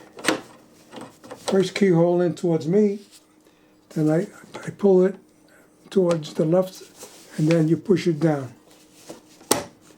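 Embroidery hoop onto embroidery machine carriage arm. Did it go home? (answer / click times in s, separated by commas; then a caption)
yes / 9.5 s. An embroidery hoop is fitted onto an embroidery machine's carriage arm while someone talks: its keyhole slots go onto the arm, the hoop is pulled to the left, then pushed down. A sharp click at 9.5 seconds marks the hoop latching and seating onto the arm.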